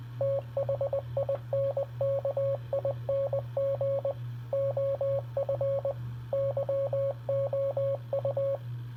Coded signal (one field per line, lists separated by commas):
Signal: Morse code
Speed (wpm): 20 wpm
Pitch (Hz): 550 Hz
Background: radio noise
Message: THINKING OF YOU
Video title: Random Morse code￼